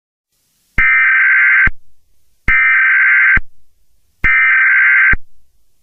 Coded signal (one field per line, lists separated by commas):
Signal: Emergency Alert System (SAME) tones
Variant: header bursts